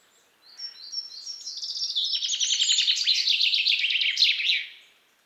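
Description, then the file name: Common chaffinch song: a few high introductory notes lead into a fast rattling trill, then descending, accelerating phrases that close with an emphatic flourish, lasting around four seconds. "Fringilla coelebs"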